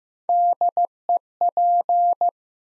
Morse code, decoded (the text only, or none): DEP